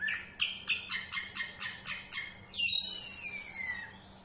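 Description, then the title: Oriental magpie-robin song, a rapid series of harsh repeated notes followed by a long slurred whistle that slowly falls in pitch. Two Oriental magpie-robins (kacer) of different character, fired up and singing against each other in full bursts. "Kacer Langsung Tarung Konslet KACER NGOTOT FULL TEMBAKAN. Dua Kacer Berbeda Karakter"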